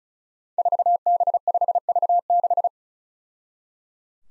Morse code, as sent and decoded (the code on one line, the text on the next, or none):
....- -... ..... ...- -....
4B5V6